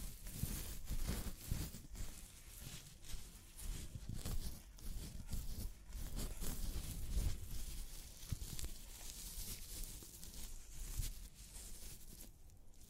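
Scalp massage during a hair wash: continuous soft rubbing and scratching with dense, irregular bursts, low thumps and crisp crackles throughout.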